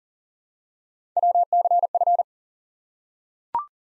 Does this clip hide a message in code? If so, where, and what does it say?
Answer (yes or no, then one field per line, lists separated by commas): yes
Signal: Morse code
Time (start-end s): 1.2-2.2 s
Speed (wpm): 38 wpm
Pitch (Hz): 700 Hz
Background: none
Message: WCF